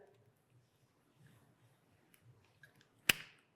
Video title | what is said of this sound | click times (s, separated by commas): TenPoint TX440 Crossbow - Exclusive First Look! | Click, and now I'm in place. | 3.1 s